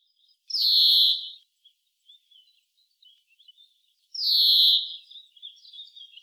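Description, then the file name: European greenfinch giving two nasal, buzzy wheeze calls roughly three and a half seconds apart, with soft twittering notes in between and afterwards. "Chloris chloris"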